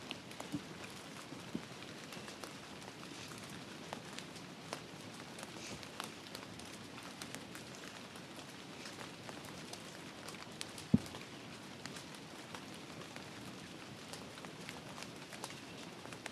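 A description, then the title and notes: Rain falls in a forest as a steady, dense hiss that stays even from start to finish. Countless small drop ticks crackle through it, with a few sharper taps standing out, the loudest near the eleven-second mark. Rain in Forest White Noise. Rainstorm.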